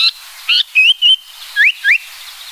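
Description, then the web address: Japanese paradise flycatcher song: two buzzy notes, two level whistles, then two clear rising whistles; quiet background. "sikioto birds sankoucho"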